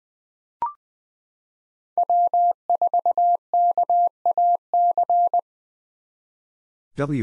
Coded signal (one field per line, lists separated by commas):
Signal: Morse code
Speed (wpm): 20 wpm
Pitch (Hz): 700 Hz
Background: none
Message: W4KAC